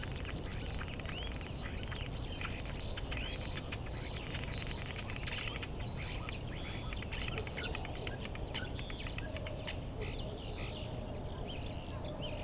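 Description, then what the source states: Common starling song, a long varied stream of high whistled slurs and clicking rattles, then quieter thin drawn-out whistles near the end. Starlings outside a window in rural Goworów, Poland, mimicking other bird species rather than car alarms; recorded with Zoom F4 and AT BP4025.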